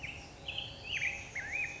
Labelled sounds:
Black-headed Grosbeak (Pheucticus melanocephalus)
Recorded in Sonoma County, California

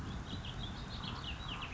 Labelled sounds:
Warbling Vireo (Vireo gilvus)
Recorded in Sonoma County, California

